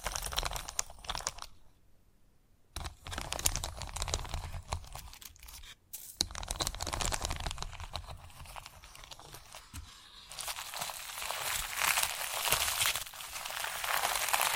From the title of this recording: Chalk Sounds Tapping, Scratching, Carving etc